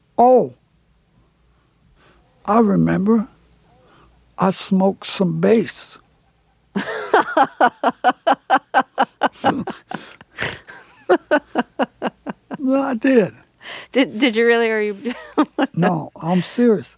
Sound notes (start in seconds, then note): 6.7 laughter; 14.8 laughs